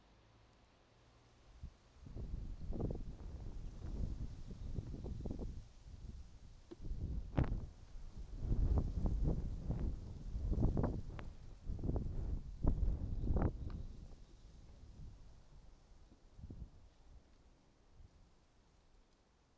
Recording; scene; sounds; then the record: everyday scene through a hearing-aid microphone; wind on the microphone; wind, traffic, birds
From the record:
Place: suburban garden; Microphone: in the ear canal, right